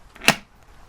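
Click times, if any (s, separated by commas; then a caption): 0.3 s. A motorcycle helmet visor (Kali Octane) is pressed down into its closed detent in the hinge mechanism on the helmet shell. A faint tap comes at 0.2 s, then a single loud, sharp click at 0.3 s as the visor clicks down and is seated securely, followed by quiet.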